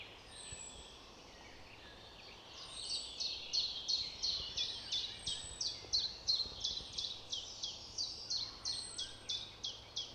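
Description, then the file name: Eurasian wren calls: a long run of harsh, high ticking notes, about three per second, steady and regular, with a faint hiss of background noise. "Troglodytes troglodytes"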